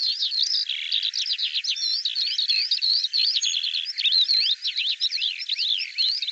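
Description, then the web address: Bird song, an unbroken, busy medley of quick chirps, trills and slurred whistles in varied, overlapping phrases. "cianscape birddata Deverinetal 2025 Bird"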